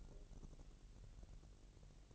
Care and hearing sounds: daily activity, microphone in the room; take from stove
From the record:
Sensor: 4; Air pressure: 1002.8 hPa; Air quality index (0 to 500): 244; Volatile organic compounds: 11 ppm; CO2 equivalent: 2293 ppm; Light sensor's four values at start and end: 8/17/7/7 and 8/17/7/7

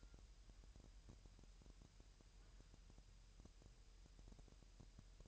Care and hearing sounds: daily activity, microphone in the room; wipe stove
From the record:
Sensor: 2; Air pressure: 1000.9 hPa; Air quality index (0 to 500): 249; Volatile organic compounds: 100 ppm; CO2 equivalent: 3754 ppm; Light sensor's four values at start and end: 10/25/10/10 and 10/25/10/10

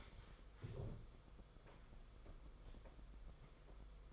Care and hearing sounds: daily activity, microphone in the room; stand up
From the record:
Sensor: 5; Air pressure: 990.6 hPa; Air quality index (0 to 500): 150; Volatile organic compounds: 164 ppm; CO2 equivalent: 4082 ppm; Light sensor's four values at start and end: 43/131/50/54 and 43/131/50/54

